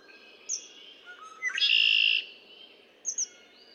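Red-winged blackbird song: a high note and soft lead-in notes, then a loud harsh trill about half a second long, followed by two quick high notes.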